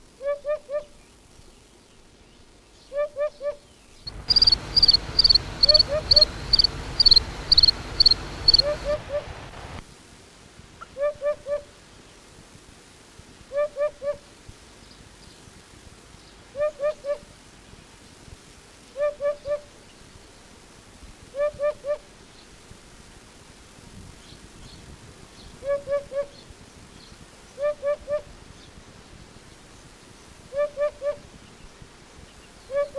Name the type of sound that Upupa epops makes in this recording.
song